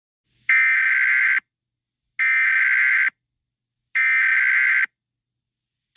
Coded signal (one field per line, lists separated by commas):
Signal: Emergency Alert System (SAME) tones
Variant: header bursts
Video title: EAS SCENARIO 18: Elephant E.X.E